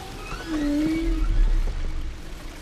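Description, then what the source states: North Atlantic right whale call: a low tonal moan that swells and slides slightly upward for about a second, over a constant rushing underwater noise. Endangered whale in Canadian Atlantic waters; underwater robots follow the whales' sounds to track them.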